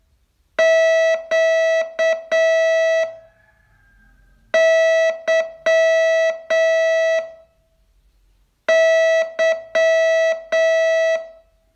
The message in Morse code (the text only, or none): QYY